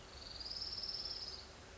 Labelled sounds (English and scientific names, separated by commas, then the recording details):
Orange-crowned Warbler (Leiothlypis celata)
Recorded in Sonoma County, California